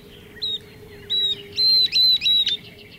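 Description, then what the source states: Northern Beardless-Tyrannulet song: a series of clear, high, thin whistled notes, spaced unevenly at first and then coming closer together, with a faint steady hum below. Singing in a dry sandy arroyo with mesquite, yucca and cactus in the desert southwest; a tiny flycatcher.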